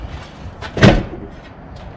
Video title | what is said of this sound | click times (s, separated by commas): 2020 Rockwood Mini Lite 2109S Full Walkthrough | steps are gonna go up and lock into place | 0.8 s